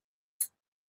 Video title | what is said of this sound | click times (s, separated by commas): Blade Show 2026 HYPE! USA Made Heat & Budget Bangers! - Tactical Tuesdays - HORIZONTAL | Push it until it clicks. | 0.4 s